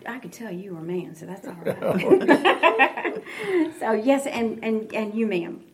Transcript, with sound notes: I could tell you were a man, so that’s alright. (laughter) So yes, and you ma’am?